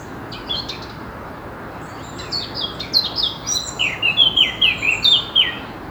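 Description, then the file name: Eurasian blackcap warbling song: quiet scratchy notes, then louder, rapid whistled phrases of varied high notes building toward the end, over faint steady background hiss. "Sylvia atricapilla"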